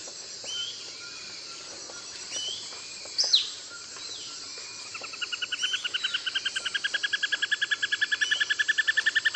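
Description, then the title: Greyish mourner song begins halfway: a fast run of repeated sharp notes that rises and grows louder. Steady high insect hum, and a brief sweeping call from another bird earlier. Subspecies frederici. "LuckyPassaro Completos2Sama. Greyish Mourner (Rhytipterna simplex frederici)"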